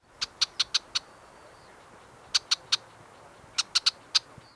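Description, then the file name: Shrike calling with sharp, high clicking chips in quick bursts of three to five, separated by short pauses, over a faint hiss. "lanius"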